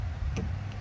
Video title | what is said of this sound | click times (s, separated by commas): TOYOTA RAV4 (2019 - 2025) Reverse / Back Up LIGHT BULB Replacement - Easy! | Clicks right in place. | 0.4 s